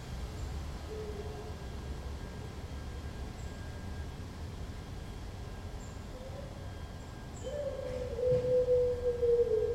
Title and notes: Patio with howling dog (Corinthstraße Berlin, September 14th 2012). Recorded from the bathroom window of an apartment we rented for a week located in Friedrichshain, Berlin. This dog was barking and howling for hours. A sad sound. Aporee